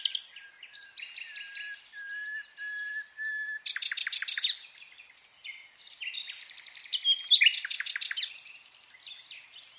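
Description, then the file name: Common nightingale song with soft piping whistles, then loud fast repeated notes and rattling bursts, phrases changing abruptly from one to the next. "Luscinia megarhynchos"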